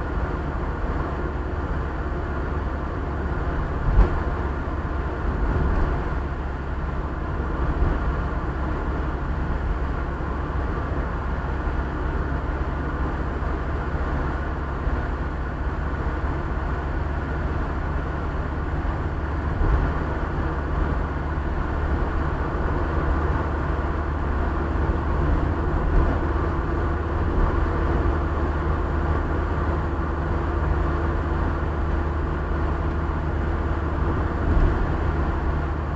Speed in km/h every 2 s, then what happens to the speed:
69, 69, 68, 67, 67, 67, 67, 67, 69, 70, 72, 72, 73, 73, 74, 73, 73, 74.
0-36 steady at about 69.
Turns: none.